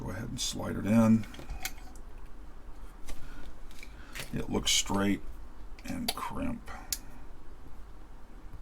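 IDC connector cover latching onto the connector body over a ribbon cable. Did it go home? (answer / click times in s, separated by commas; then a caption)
yes / 6.9 s. An IDC connector's plastic cover is pressed closed in a vise over a ribbon cable seated in the connector, while someone talks. A single sharp click at 6.9 s marks the cover's latch ears catching on the connector body, and the cover latches closed.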